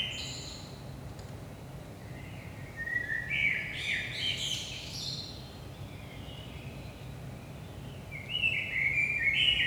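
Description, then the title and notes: Common blackbird singing a mellow phrase with a squeaky high ending, then a pause and a second shorter fluted phrase, low hum in background. Recorded in Saint-Gilles, Belgium, at 5 am in the early morning; DPA 4060 microphones in AB position into a Zoom F3 recorder. "Saint-Gilles, Belgique - 5am Blackbird. Blackbird in the morning. Merle au petit matin"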